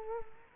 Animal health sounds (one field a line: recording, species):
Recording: mosquito wingbeat signal from an infrared sensor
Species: Culex quinquefasciatus